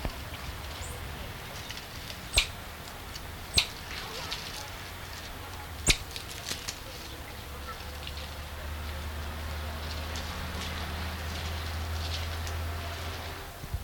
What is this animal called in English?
Common Squirrel Monkey